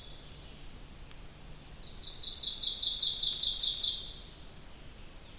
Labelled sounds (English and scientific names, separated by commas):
Ovenbird (Seiurus aurocapilla) song